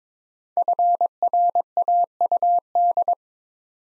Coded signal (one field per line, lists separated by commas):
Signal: Morse code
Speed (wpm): 22 wpm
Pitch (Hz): 700 Hz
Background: none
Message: FRAUD